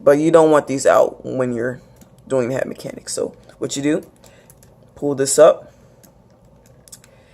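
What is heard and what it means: A plastic part of a Super Mecha Godzilla toy figure is pulled up on the figure body and repositioned while someone talks, with only light, brief handling ticks after the speech. Nothing has clicked or seated yet; the part has not been pushed back down.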